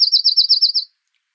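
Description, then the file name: Eurasian wren trill: a short, very fast run of about eight identical high pulses, lasting under a second, against silence. "Troglodytes troglodytes"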